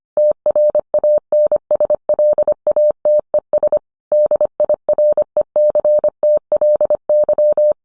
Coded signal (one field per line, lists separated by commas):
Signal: Morse code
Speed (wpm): 25 wpm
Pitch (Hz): 600 Hz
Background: none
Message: TRANSLATES DIRECTLY